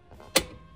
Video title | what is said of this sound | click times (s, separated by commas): Everything You Should Know About Long Tube Header Install [99-04 Mustang GT 2V 4.6] | and then like that there you go you heard that click yeah that thing's not moving anywhere so | 0.4 s